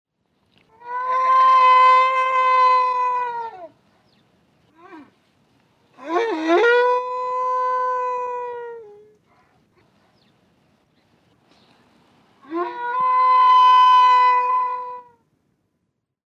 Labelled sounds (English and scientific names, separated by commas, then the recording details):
Wapiti (Cervus canadensis)
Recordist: Tembrock, Günter
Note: Hirsch: Rufe